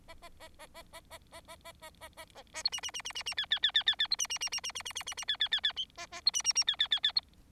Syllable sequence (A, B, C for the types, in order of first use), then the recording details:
A A A A A A A A A A A A A A A B C C C C C C D D D D D D B C C C C C C C C C C D D D D A A B C C C D D D D B. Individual Bird4